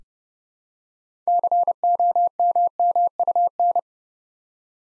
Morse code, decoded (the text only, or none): COMMUN